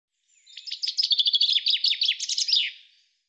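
Common chaffinch song: a single descending rattle of sharp, rapid trilled notes ending in a quick flourish, lasting about two and a half seconds, on a silent background.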